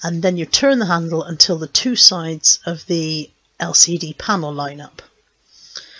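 Someone talks while lining up the arrow and turning the handle of the plastic lid on a Pressure King Pro 5 l electric pressure cooker until the two halves of the LCD panel line up. A short click sounds at 5.8 s as the lid locks onto the base correctly.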